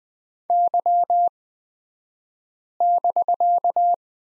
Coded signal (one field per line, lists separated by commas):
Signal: Morse code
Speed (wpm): 20 wpm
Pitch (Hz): 700 Hz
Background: none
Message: Y<BK>